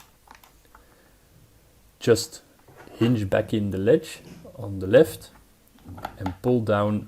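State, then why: Not seated. The plastic filter of an iRobot Roomba is lined up and positioned in the dustbin before being pressed in, with a few faint light ticks in the quiet first two seconds. Someone then talks over the rest of the clip. Nothing has seated or clicked yet.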